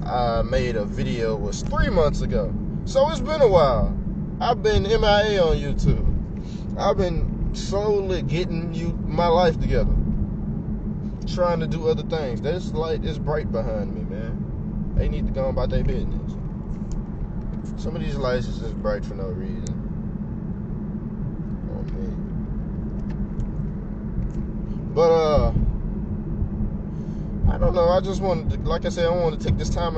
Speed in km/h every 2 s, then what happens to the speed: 52, 50, 50, 52, 52, 50, 50, 47, 47, 47, 50, 53, 53, 53, 53.
0-18 steady at about 50. 18-22 speeds up to 53. 22-30 steady at about 53.